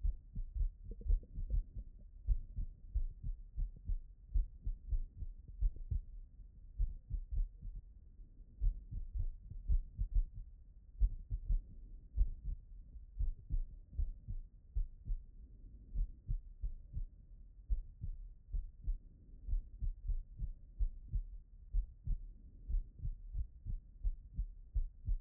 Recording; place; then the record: heart sounds by stethoscope; pulmonary valve (PV)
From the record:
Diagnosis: HFrEF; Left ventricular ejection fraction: 37%